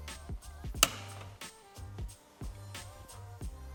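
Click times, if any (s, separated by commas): 0.8 s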